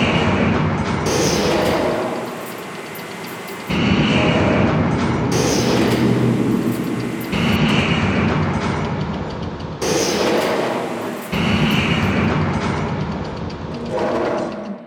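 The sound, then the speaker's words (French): A large machine engine rumbles loudly and continuously, a deep heavy roar mixed with harsh hiss, its texture shifting abruptly every few seconds. No one speaks. “La machine, elle vit parce qu'elle a un moteur, elle a tout un tas de réseaux.”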